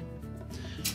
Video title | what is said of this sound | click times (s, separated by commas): Whirlpool Washer Repair - How to Replace the Wash Plate (Whirlpool # W10902814) | Press it firmly down until it snaps in place and then we can close the washer up. | 0.9 s